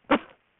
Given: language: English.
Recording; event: throat vibration sensor signal played as sound; cough